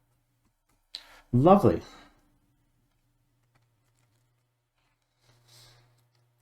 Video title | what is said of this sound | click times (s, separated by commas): [9] Apple iMac (21.5-inch, Late 2013, EMC 2638) - SSD upgrade | i'm happy with that nice little click | 0.9 s